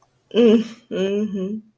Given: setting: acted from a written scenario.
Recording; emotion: vocal sound without words; neutral